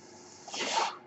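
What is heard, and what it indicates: A single soft hiss of rushing air swells over about half a second and then fades, over a faint steady background. This is the airflow of a mechanical ventilator delivering a breath, the device supporting the user's breathing.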